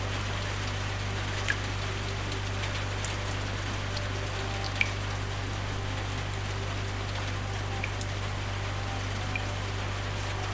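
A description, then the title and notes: Steady rain with scattered water drops falls throughout, a dense even patter spread across the range. A low sustained hum sits beneath it, with faint soft tones drifting above. A few brighter drip clicks stand out, including a sharp one near five seconds. Peaceful Music with Rain Sounds. Calming rain with water drops while atmospheric ambient music swirls in the background. Peaceful ambient music that slowly fades.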